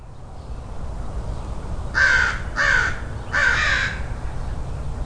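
Crow producing three harsh, rasping caws in quick succession, each about half a second long, with a low background rumble.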